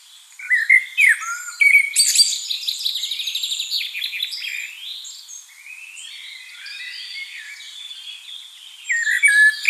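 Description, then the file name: Common blackbird sings a fluty warble, then a rapid high chattering trill and soft twitters, before loud warbled notes return at the end. "Turdus merula"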